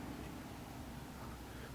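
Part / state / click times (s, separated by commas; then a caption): milling bit holder going into a PCB milling spindle / not seated / none. A PCB milling bit in its holder is guided into the hole of a milling spindle and lined up, ready to be pushed up. Only a steady, low broadband hum with a dull rumble is heard, with no distinct sounds. Nothing has seated or clicked yet.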